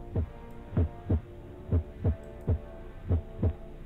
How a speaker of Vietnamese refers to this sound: Thế nhưng trong cái tiếng tim của tôi đang đập loạn xạ thì cái tiếng kéo kẹt kia nó lại xuất hiện.